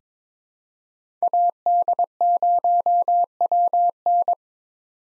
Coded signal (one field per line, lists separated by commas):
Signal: Morse code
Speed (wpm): 22 wpm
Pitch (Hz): 700 Hz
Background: none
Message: AD0WN